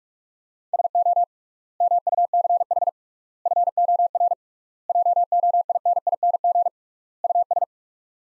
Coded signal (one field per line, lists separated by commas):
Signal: Morse code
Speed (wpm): 42 wpm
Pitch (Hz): 700 Hz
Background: none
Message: SO MUCH FOR JOINING US